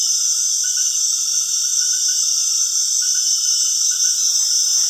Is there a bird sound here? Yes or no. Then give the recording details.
no. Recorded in secondary vegetation near Puerto Asís, Putumayo, Colombia, on 25 June 2025 at 19:00. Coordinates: 0.485, -76.322. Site GP06